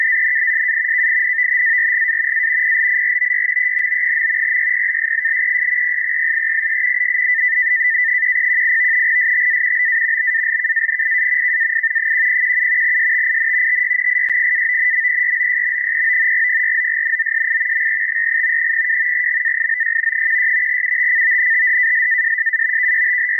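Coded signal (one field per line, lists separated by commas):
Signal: NAVTEX (SITOR-B)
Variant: 100 baud SITOR-B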